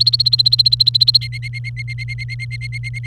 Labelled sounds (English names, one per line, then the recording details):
Domestic Canary song
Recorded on 29 April 2018 at 15:32
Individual llb3